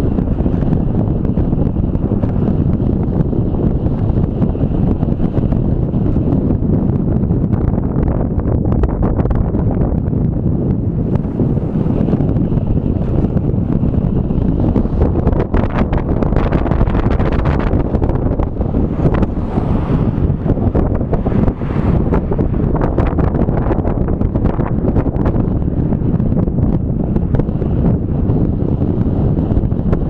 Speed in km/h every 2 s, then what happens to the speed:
21, 20, 19, 19, 19, 19, 18, 19, 19, 18, 19, 19, 20, 20, 21.
0-30 steady at about 19.